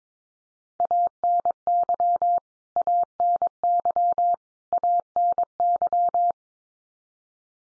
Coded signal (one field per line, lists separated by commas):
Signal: Morse code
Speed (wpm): 22 wpm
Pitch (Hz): 700 Hz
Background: none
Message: ANY ANY ANY